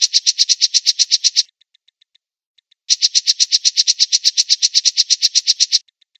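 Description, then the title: Oriental magpie-robin song: two bursts of fast, harsh, pulsed notes about one and a half seconds apart, each followed by faint soft ticking notes. "Kicau Kacer"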